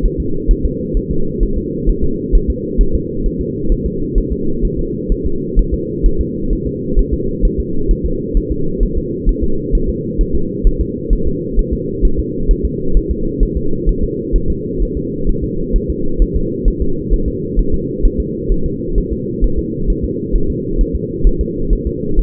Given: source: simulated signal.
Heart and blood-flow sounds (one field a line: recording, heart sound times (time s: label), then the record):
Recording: fetal heart sounds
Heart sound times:
0.06 s: S1
0.20 s: S2
0.51 s: S1
0.65 s: S2
0.97 s: S1
1.11 s: S2
1.43 s: S1
1.58 s: S2
1.89 s: S1
2.04 s: S2
2.35 s: S1
2.50 s: S2
2.81 s: S1
2.95 s: S2
3.26 s: S1
3.41 s: S2
3.72 s: S1
3.86 s: S2
4.18 s: S1
4.32 s: S2
4.65 s: S1
4.79 s: S2
5.12 s: S1
5.26 s: S2
5.59 s: S1
5.74 s: S2
6.06 s: S1
6.21 s: S2
6.53 s: S1
6.67 s: S2
6.99 s: S1
7.14 s: S2
7.45 s: S1
7.60 s: S2
7.91 s: S1
8.06 s: S2
8.37 s: S1
8.52 s: S2
8.83 s: S1
8.97 s: S2
9.29 s: S1
9.44 s: S2
9.75 s: S1
9.89 s: S2
10.21 s: S1
10.35 s: S2
10.67 s: S1
10.81 s: S2
11.13 s: S1
11.27 s: S2
11.59 s: S1
11.73 s: S2
12.05 s: S1
12.19 s: S2
12.51 s: S1
12.65 s: S2
12.97 s: S1
13.11 s: S2
13.43 s: S1
13.57 s: S2
13.89 s: S1
14.03 s: S2
14.36 s: S1
14.50 s: S2
14.82 s: S1
14.97 s: S2
15.29 s: S1
15.44 s: S2
15.76 s: S1
15.90 s: S2
16.22 s: S1
16.36 s: S2
16.68 s: S1
16.82 s: S2
17.13 s: S1
17.28 s: S2
17.59 s: S1
17.74 s: S2
18.05 s: S1
18.20 s: S2
18.52 s: S1
18.66 s: S2
18.98 s: S1
19.12 s: S2
19.44 s: S1
19.59 s: S2
19.90 s: S1
20.04 s: S2
20.35 s: S1
20.50 s: S2
20.81 s: S1
20.95 s: S2
21.27 s: S1
21.41 s: S2
21.73 s: S1
21.87 s: S2
22.19 s: S1
From the record:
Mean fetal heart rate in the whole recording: 130 bpm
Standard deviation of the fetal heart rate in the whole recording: 2 bpm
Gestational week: 38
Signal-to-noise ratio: -8.1 dB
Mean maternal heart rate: 72 bpm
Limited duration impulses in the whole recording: absent